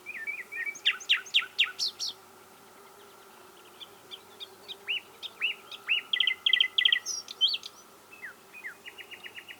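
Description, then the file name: Common nightingale singing fast chattering notes, a pause, then three rising whistles followed by a quick rattling trill and more sharp repeated notes; faint steady hum behind. "Luscinia megarhynchos"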